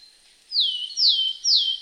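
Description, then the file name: Willow tit giving three clear whistled notes, each sliding steeply downward, spaced about half a second apart in a short series. "Matkop"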